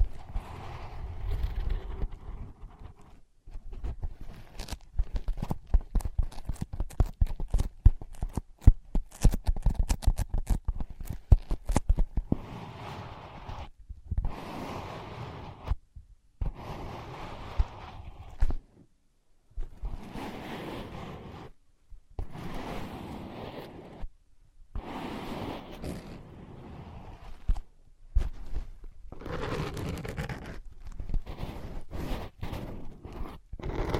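Tapping and scratching on ear pads. The first twelve seconds are dense, quick taps with a low thump, then the sound shifts to slower bursts of soft scratching and rubbing, separated by short silences every few seconds, continuing to the end.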